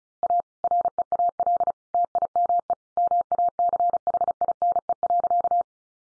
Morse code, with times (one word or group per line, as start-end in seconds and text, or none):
0.2-0.4 A
0.6-1.7 REAL
1.9-2.7 TIME
3.0-5.6 MACHINE.